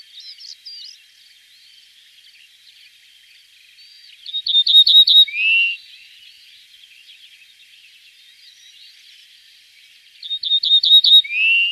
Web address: Moduli 33 migliarino